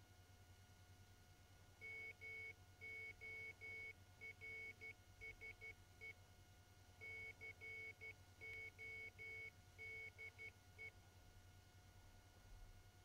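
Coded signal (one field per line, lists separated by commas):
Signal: Morse code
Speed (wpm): 12 wpm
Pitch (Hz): 2200 Hz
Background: none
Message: MORSE CODE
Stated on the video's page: Morse code sequencer driven by an Arduino, sounded on a piezo buzzer with an LED.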